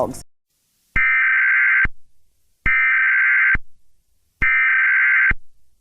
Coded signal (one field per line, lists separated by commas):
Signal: Emergency Alert System (SAME) tones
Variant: header bursts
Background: speech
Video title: EAS Scenario #6: Wedge in the Peach State